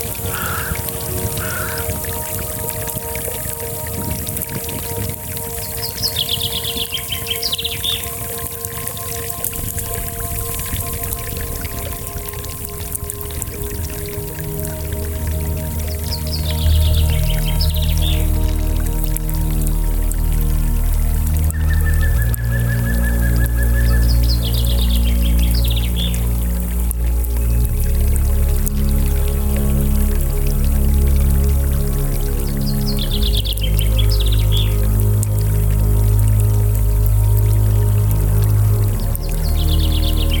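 A small brook runs in a steady, dense burble throughout, joined by a deeper rumble that thickens after about fifteen seconds. Bird calls, including short bright chaffinch phrases, ring out every eight to ten seconds over the water.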